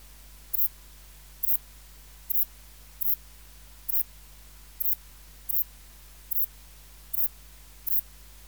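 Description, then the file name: Saddle-backed bush-cricket song of ten crisp, very high chirps, each a short scratchy burst, repeating against a steady low drone. "Ephippiger cruciger"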